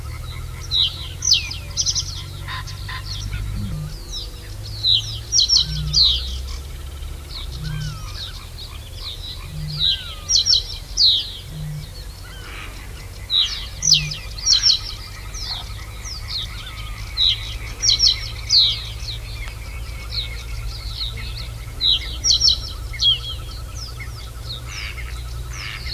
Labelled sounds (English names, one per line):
Reed Bunting